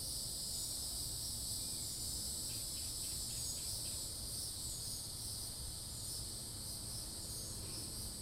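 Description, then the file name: Cicada chorus buzzing steadily and high without pause, with a short run of quick bird chirps partway through. "freesound cicadas"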